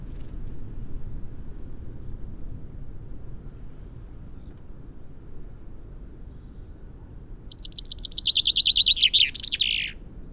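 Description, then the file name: Common chaffinch song: after a long quiet stretch, one rapid rattling phrase of repeated high notes that slides lower and finishes with an emphatic terminal flourish; low background hum. "Fringilla coelebs"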